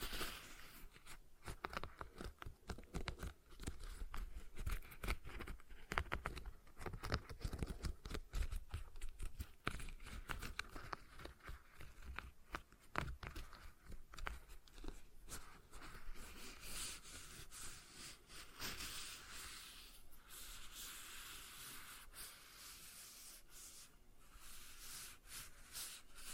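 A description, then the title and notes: A stress ball is squeezed and rubbed, giving a dense run of soft crackling, squishing and scratchy friction sounds. The handling is busiest and loudest in the first half, then thins into quieter, airier rubbing with occasional sharper squeaks near the end. ASMR Relaxing Stress Ball Sounds (No Talking).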